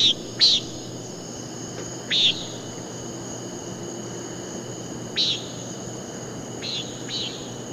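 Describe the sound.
Common nighthawk repeating harsh, buzzy peent notes, about six in under eight seconds, some fainter, with a continuous shrill insect hum behind them.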